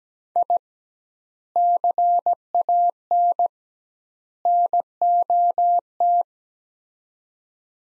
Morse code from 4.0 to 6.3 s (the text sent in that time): NOT